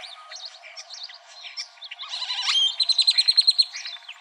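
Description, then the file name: European Starling song with scattered squeaks and whistles, then a fast rattling run of clicks over a thin whistled note. "EUST 2 deviche"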